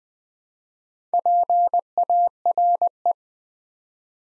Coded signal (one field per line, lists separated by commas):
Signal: Morse code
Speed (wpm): 20 wpm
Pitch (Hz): 700 Hz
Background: none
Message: PARE